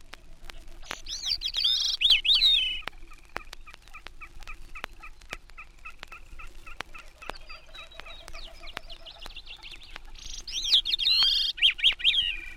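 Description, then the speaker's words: Gray-cheeked thrush song: two thin, high, slurred phrases rising and falling, well apart, with a Wilson's snipe's steady pulsing call running throughout and sharp clicks. Calls and then sings from dwarf spruces at timberline near Hudson Bay; a Wilson's snipe is in the background. "Gray-cheeked thrush calls and then sings from the dwarf spruces at timberline near Hudson Bay. A Wilson snipe is heard in the background."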